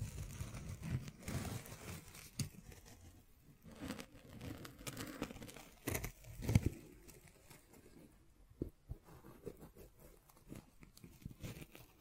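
Scratching and tracing sounds with occasional taps. A soft, rustling scratch with a low murmur continues throughout, louder in the first half, while sharp taps and crinkly clicks land irregularly, around 1, 2.5, 6 and 8.5 seconds.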